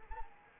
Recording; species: mosquito wingbeat signal from an infrared sensor; Anopheles arabiensis